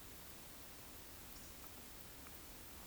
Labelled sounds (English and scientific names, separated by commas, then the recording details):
Eurasian Woodcock (Scolopax rusticola) whistle
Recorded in Baden-Württemberg, Germany, on 9 May 2021 at 19:27 UTC
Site 23718, 552 m above sea level